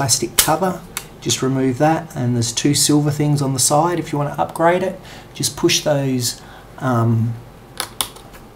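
Someone talks while the two silver metal retaining clips on either side of a RAM module in an Acer Aspire 5750 laptop's memory slot are pushed outward. Two sharp clicks sound at 7.8 s and 8.0 s as the module is released and springs up out of its slot.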